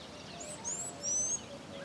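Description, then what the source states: Birds giving very high, thin whistles, drawn-out and slightly sliding, in a short burst over soft background hiss. Birds in calm African bush.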